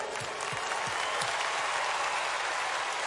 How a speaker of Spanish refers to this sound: Tengo que agradecer a mi grupo porque ellos han trabajado tan duro para este show. Han ensayado tanto, así que me siento muy orgullosa de ellos. Un aplauso para ellos, por favor.